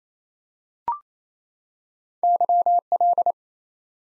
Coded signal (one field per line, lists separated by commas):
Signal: Morse code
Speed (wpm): 28 wpm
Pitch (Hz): 700 Hz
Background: none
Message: YL